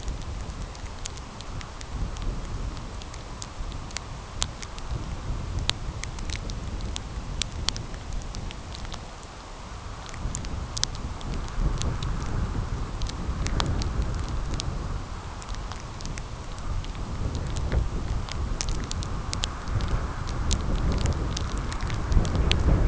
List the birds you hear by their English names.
none